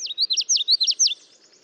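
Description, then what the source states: Common Yellowthroat song: a quick series of several bright, repeated downslurred phrases, high and sweet, ending abruptly after about a second. Adult male with black bandit mask singing loudly, flitting from stem to stem; song remembered as witchetty, witchetty, witchetty; one of the most abundant warblers in North America.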